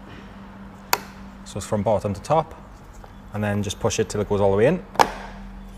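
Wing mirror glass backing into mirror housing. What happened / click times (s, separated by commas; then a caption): The plastic backing is handled but not yet pushed home / none. The plastic wing mirror glass backing of a FIAT 500X, with its toothed piece and clips, is being pushed onto the wing mirror housing from bottom to top until it goes all the way in. Someone talks while sharp taps at 0.9 s and 5.0 s stand out over a steady low hum. Nothing has seated or clicked yet.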